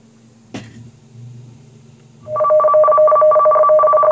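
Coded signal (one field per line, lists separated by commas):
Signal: RTTY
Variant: 50 baud, 500 Hz shift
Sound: warbling two-tone rapid chatter starting after a click and low hum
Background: low hum, click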